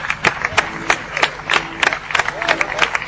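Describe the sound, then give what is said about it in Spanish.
A crowd at the Tenerife Land Party applauds the champions of the Battlefield 3 tournament, with irregular, sharp claps spread across a few seconds, moderately loud, while voices murmur and call out underneath. “Un fuerte aplauso, que suban aquí arriba.”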